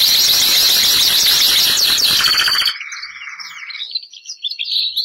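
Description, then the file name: Canary (Bernois): canary song, opening with a loud, rasping rapid stretch, then a steady high trill and quick chirping twitters in the final seconds. Bernois breed of domestic canary, singing. "canto do canario bernois"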